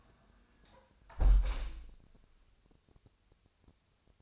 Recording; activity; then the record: daily activity, microphone in the room; close window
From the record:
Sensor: 2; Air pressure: 1000.3 hPa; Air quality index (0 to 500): 162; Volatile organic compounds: 3 ppm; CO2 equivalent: 1337 ppm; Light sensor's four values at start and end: 11/30/12/14 and 11/30/11/13